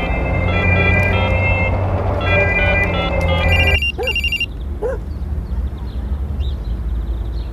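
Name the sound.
mobile phone ringing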